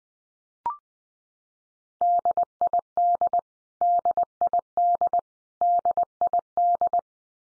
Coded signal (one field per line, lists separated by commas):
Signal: Morse code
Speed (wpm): 19 wpm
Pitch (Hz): 700 Hz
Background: none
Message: DID DID DID